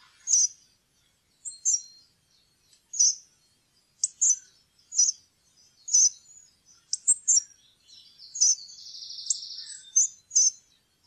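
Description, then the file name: Hawfinch calling: explosive high 'tik' notes repeated roughly every second, sometimes doubled, with a brief buzzy rasp near the end. "kjernebiter"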